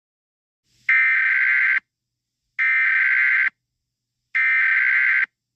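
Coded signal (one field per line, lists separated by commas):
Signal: Emergency Alert System (SAME) tones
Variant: header bursts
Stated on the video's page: Fictional EAS scenario of an attack.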